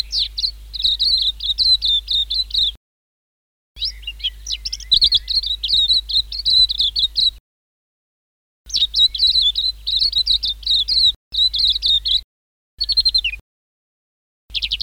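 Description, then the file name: White-eye song in several bursts of quick, high twittering and slurred whistled notes, separated by brief gaps, the later phrases shorter. "suara kicauan burung kacamata perak. omkicau"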